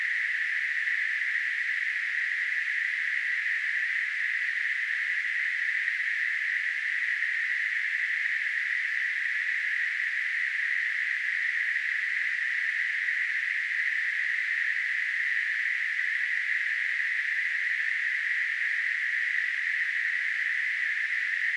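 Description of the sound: A steady, unbroken hiss with a fairly high, narrow pitch runs for about 22 seconds without pulsing or change in loudness. It is a simulation of noise-like tinnitus, the ringing or hissing a person hears with no outside sound present.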